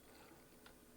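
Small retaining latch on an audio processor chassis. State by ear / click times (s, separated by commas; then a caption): released / 0.7 s. A tiny screwdriver pries at a small retaining latch on the chassis of an early Symetrix 528E vintage audio processor. A faint, short click at 0.7 s rises briefly above a low, steady background. The latch clicks open and is released.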